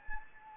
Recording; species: mosquito wingbeat signal from an infrared sensor; Anopheles gambiae